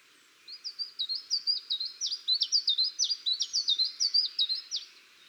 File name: Sibirisk gransangare